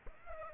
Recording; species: mosquito wingbeat signal from an infrared sensor; Aedes aegypti